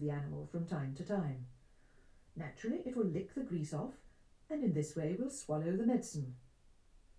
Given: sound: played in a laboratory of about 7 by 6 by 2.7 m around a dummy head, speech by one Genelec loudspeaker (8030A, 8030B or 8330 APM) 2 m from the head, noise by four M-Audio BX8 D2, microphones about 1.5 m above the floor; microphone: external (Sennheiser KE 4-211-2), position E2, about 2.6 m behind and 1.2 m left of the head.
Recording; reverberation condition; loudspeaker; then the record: female speech in English; low; 150 degrees to the right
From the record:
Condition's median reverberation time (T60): about 310 ms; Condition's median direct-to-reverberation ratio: about 3.5 dB